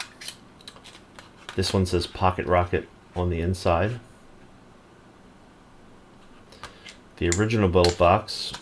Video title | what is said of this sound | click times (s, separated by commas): 40W Pocket Rocket Box Mod by Asmart Review On TVC | slides and then locks in place nice and tight | 0.0 s